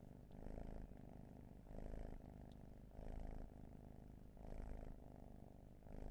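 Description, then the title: Cat purr, a deep vibrating rumble that swells and eases about every second and a bit, following steady breathing. Raw field recording. "Field Recs Purrathon RAW"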